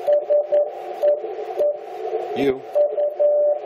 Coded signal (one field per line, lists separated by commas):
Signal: Morse code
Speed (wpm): 11 wpm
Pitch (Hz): 590 Hz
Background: speech, radio noise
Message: SEE U